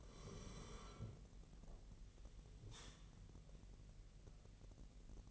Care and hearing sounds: daily activity, microphone in the room; sit down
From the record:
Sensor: 4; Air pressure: 1002.4 hPa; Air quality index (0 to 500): 248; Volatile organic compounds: 37 ppm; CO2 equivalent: 3089 ppm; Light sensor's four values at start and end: 12/28/12/12 and 12/27/11/11

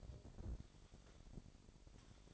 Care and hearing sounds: daily activity, microphone in the room; take from stove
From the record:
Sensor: 5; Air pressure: 1012.1 hPa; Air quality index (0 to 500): 238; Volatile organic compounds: 4 ppm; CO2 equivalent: 1579 ppm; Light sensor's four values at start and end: 44/98/43/47 and 44/100/43/46

